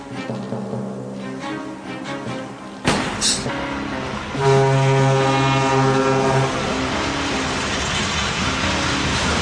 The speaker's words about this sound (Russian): Сейчас будет поезд ехать.